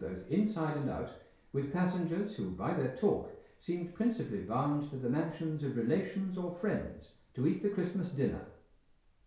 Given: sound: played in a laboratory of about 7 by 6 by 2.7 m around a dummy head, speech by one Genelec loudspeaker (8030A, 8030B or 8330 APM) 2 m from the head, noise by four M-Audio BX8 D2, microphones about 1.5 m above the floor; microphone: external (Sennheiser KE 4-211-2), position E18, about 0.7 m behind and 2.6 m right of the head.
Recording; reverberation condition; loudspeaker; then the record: male speech in English; medium; 120 degrees to the right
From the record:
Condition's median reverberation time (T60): about 510 ms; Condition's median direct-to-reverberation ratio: about -0.5 dB